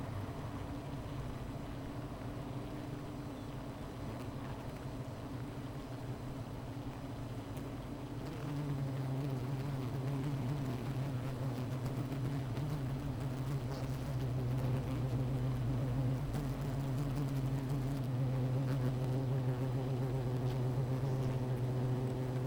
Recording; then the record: honeybee colony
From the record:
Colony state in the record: missing queen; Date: 14 July 2017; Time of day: 15:06